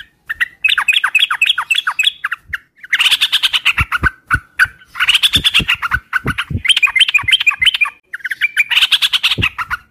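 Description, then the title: Oriental magpie-robin song: quick whistled notes at an even pace, then loud harsh buzzy chattering bursts that alternate with whistled phrases, alongside sharp low clicks. Bird in full vigorous song (gacor); whistled song used as a lure to provoke other magpie-robins into answering. "Pancingan Suara Siulan Kacer Gacor Mantap Untuk Memancing Kacer Lain Agar Mau Nyaut Bunyi"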